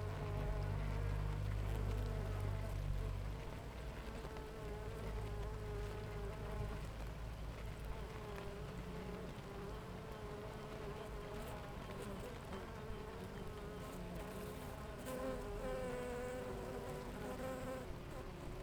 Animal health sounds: honeybee colony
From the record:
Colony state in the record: active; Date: 28 July 2017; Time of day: 6:50

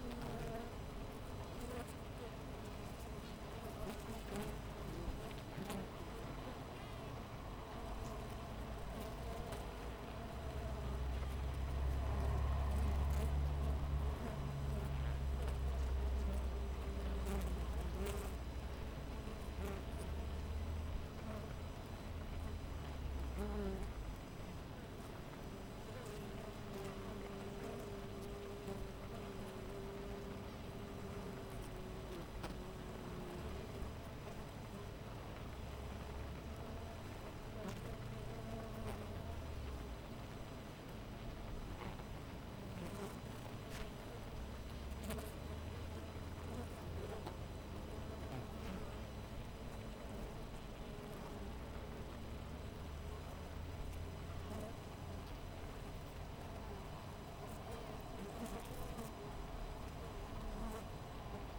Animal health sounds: honeybee colony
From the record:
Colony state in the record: missing queen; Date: 14 July 2017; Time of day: 5:47

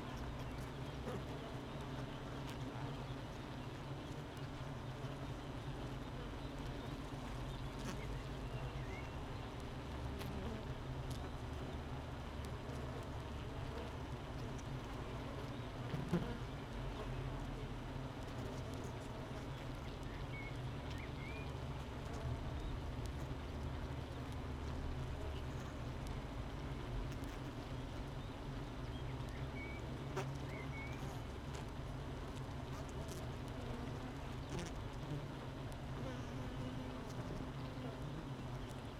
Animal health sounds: honeybee colony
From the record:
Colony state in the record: missing queen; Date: 31 May 2018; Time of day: 7:45

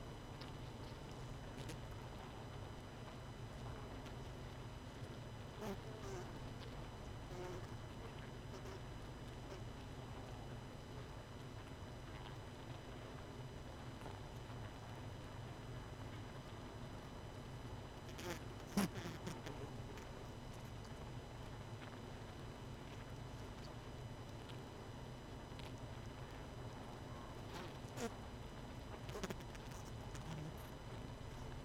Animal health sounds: honeybee colony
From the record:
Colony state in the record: missing queen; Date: 31 May 2018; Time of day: 20:30

